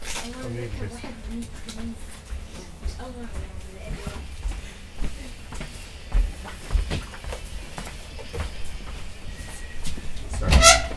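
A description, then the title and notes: A train ride through Vienna: a steady low rumble runs underneath throughout, with frequent clicks and knocks from the carriage. Voices speak in short phrases, clearest in the first few seconds, and a sharp bright clatter rings out near the end. Recorded on a train-ride through Vienna.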